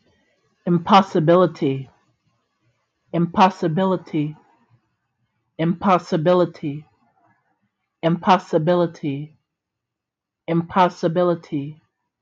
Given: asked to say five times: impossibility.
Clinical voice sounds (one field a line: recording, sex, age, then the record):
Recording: repeated word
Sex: female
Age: 20 to 29 years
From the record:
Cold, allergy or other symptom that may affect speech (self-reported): no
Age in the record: 27 years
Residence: Ohio, United States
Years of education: 15